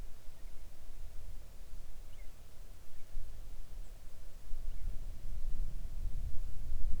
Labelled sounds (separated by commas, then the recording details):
wind
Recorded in the Arctic National Wildlife Refuge, Alaska, on 3 August 2019 at 05:13
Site 41